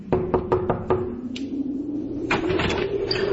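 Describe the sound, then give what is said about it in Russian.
A gravedigger knocks five quick, evenly spaced times on a priest's wooden door shortly before lunch, followed by a low steady hum and a brief second cluster of clattering thuds. No one speaks. “Именно он незадолго до обеда постучался в дверь к падре.”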